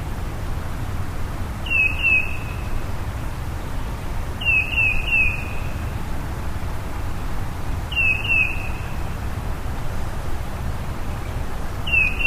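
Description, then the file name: Tufted titmouse singing repeated phrases of two or three clear whistled downslurs every few seconds, with a constant low rumble beneath. "baeolophus bicolor"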